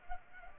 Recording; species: mosquito wingbeat signal from an infrared sensor; Culex pipiens